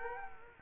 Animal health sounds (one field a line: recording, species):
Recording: mosquito wingbeat signal from an infrared sensor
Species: Culex quinquefasciatus